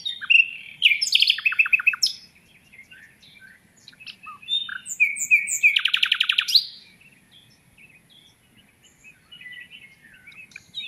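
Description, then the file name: Common nightingale delivering a busy sequence of chirps, whistles and short repeated-note bursts, with quieter notes trailing off afterwards. "Luscinia megarhynchos"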